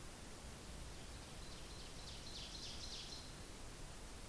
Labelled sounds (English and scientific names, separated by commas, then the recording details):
Ovenbird (Seiurus aurocapilla) song
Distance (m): 20 m
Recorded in boreal forest in Alberta, Canada, on 10 June 2016 at 08:52
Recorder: SongMeter 3, array SBT-3-39
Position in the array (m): 271 m, 159 m
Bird 19